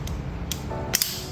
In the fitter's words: Oke, setelah berbunyi klik, bagian depan sudah terpasang, teman-teman.